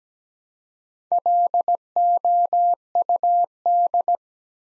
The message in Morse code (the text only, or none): LOUD